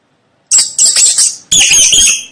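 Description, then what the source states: Mouse squeaking after a brief silence: a quick run of three shrill, raspy squeaks, then one longer drawn-out squeal. Mouse squeaking to help a baby fall asleep.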